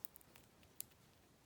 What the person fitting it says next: There's that click.